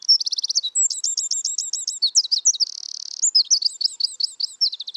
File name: Troglodytes troglodytes